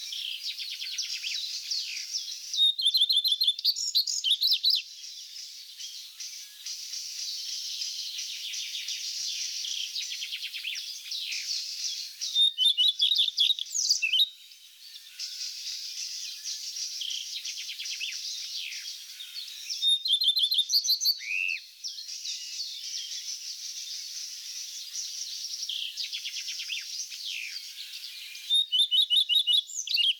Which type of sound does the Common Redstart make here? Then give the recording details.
song. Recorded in the wild. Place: Oberrotweil am Kaiserstuhl / Bickensohl, Baden-Württemberg, DE. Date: 1991-05-14. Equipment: Dat-Recorder Casio DA 7, Telinga M2, stereo, Telinga-Parabolspiegel. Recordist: Schwarz, Dieter